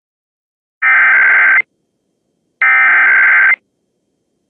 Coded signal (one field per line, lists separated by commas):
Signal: Emergency Alert System (SAME) tones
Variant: header bursts